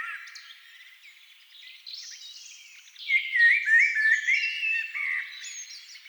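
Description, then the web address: Thrush song: quiet warbling that builds into louder, rich whistled phrases with varied rising and falling notes. Several thrushes singing at dusk. "agykontroll CD 3-A természet hangjai Rigók szürkületkor"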